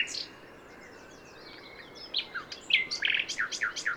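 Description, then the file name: Common nightingale song: quiet high twitters building into a fast run of loud repeated chirps. "Luscinia megarhynchos"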